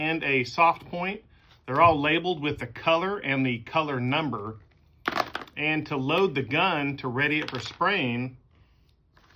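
Someone talks while handling a marker pen to load it into the holder of a small electric pen spray gun, with a few brief, sharp handling sounds around 5.1 to 5.4 seconds. The pen has not yet passed the slight detent or locked into place; nothing has seated yet.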